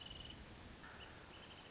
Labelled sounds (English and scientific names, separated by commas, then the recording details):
Wrentit (Chamaea fasciata)
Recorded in Sonoma County, California